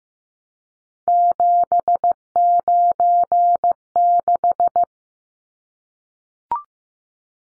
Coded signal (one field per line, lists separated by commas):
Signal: Morse code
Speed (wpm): 15 wpm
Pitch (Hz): 700 Hz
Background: none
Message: 796